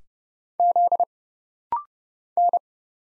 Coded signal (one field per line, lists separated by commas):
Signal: Morse code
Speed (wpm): 30 wpm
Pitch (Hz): 700 Hz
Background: none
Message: Z N